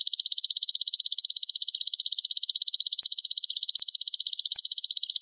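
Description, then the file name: Katydid call, a continuous, rapidly pulsing high buzz in steady rhythm, running the whole time. "suara belalang daun"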